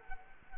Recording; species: mosquito wingbeat signal from an infrared sensor; Culex quinquefasciatus